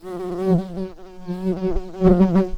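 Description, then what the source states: Brown-banded carder bee buzzing: a low, steady droning hum with rich harmonics, swelling and fading in pulses throughout. Queens.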